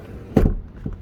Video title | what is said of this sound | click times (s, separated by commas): 2018 Toyota Kluger GX 7 Seat 2x4 | if you want to drop that right down it's gonna do that too so that all clicks into place so now they're down you just | 0.4 s